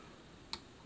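The buttonhole switch lever on a Singer 760 sewing machine is pushed a little harder than usual and latches into the mechanism with a single small, sharp click at 0.5 s, over a quiet, steady background. The lever catches only when forced, seating without springing in on its own.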